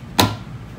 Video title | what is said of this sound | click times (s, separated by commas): 2010-2015 Prius // EGR Valve // Intake Manifold // DIY // Removal - Clean & Replace | those are out, then this will essentially unsnap. | 0.2 s